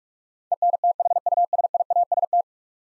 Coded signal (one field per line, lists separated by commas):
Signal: Morse code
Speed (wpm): 45 wpm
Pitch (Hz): 700 Hz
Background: none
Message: ENTHUSIAST